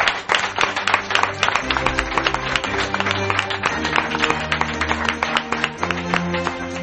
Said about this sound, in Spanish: ¿Os lo habéis pasado bien? Sí. Pues un aplauso para vosotros. Un aplauso para vosotros.